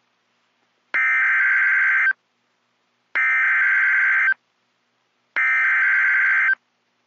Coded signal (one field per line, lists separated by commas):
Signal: Emergency Alert System (SAME) tones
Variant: header bursts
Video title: Severe Weather Statement (EAS# 99)